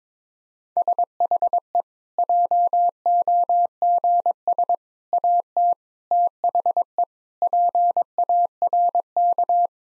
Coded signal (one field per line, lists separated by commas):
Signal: Morse code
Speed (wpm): 22 wpm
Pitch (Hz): 700 Hz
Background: none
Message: SHE JOGS AT THE PARK